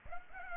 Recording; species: mosquito wingbeat signal from an infrared sensor; Aedes aegypti